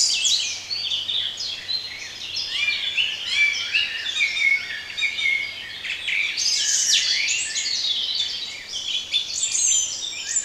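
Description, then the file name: Bird: steady chorus of many birds chirping and trilling, high and continuous, with a faint low hum beneath. Relaxation recording of bird sounds. "relaksacja odglosy ptakow"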